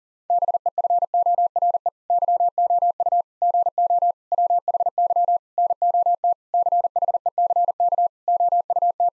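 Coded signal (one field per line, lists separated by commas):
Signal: Morse code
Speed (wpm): 40 wpm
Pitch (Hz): 700 Hz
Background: none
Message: BEFORE YOU GO WHY NOT CHECK OUT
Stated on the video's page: Morse practice at 40 wpm: sentences built from common nine-word phrases, each sent in Morse, spoken, then sent again.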